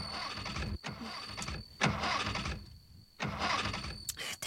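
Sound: car engine cranking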